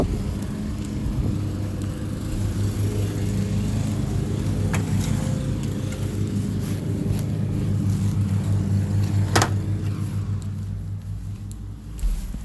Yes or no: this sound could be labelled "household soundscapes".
yes